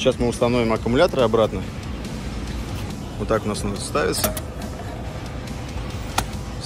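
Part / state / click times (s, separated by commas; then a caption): removable battery pack into electric scooter battery slot / seated / 6.2 s. Someone talks while the removable battery pack is slid into its slot in an HX X7 electric scooter and pushed until it clicks at 6.2 s, then pressed down. The battery is seated in place.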